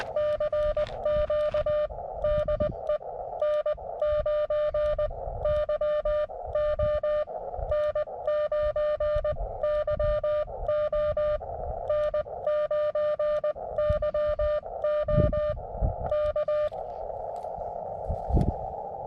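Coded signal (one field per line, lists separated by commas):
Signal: Morse code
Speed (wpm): 20 wpm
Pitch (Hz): 600 Hz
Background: none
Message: CQ DE N9YO N9YO N9YO K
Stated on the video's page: QRP CW from a mountain top using an Elecraft KX2 with an AX1 antenna mounted on a mast.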